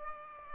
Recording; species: mosquito wingbeat signal from an infrared sensor; Aedes aegypti